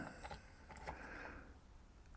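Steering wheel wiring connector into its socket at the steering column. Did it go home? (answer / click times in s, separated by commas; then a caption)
no / none. A steering wheel wiring connector is handled at its socket on the steering column while a Hansshow yoke steering wheel is fitted to a Tesla Model 3/Y, with light jangling and rattling plastic handling noises and brief taps around 0.7–0.8 s. Nothing has seated or clicked yet.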